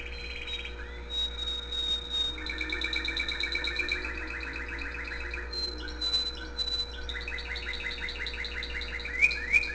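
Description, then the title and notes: Canary delivering long buzzy trills and clear high whistles, song continuous with a faint hum underneath. Owner's own canary singing, with background music playing. "mi canario. musica de fondo"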